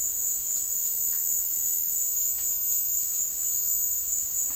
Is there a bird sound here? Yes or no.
no